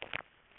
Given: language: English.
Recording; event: throat vibration sensor signal played as sound; swallow